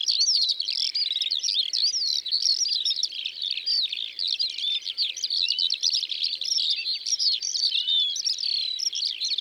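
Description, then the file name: Eurasian skylark singing a dense, unbroken torrent of high twittering notes, slurred whistles and quick trills with no pauses. Eurasian skylarks recorded in the Drôme, France. "Alouettes des champs Concerts Naturels de la Drome Studio les Trois Becs"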